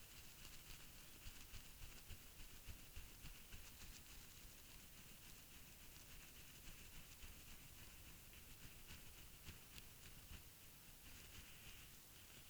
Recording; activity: daily activity, guitar pickup as the sensor; brush teeth